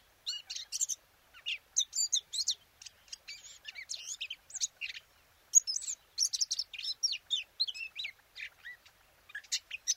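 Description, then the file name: Eurasian blackcap singing a fast jumble of scratchy and whistled notes in several bursts separated by short gaps. "Sylvia atricapilla"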